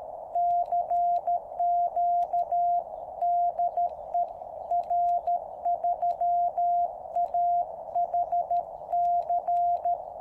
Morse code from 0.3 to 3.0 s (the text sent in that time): CQ